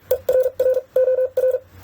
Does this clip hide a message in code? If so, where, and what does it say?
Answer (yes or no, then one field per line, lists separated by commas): yes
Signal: Morse code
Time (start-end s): 0.1-1.6 s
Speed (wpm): 44 wpm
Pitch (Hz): 510 Hz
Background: none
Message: ERROR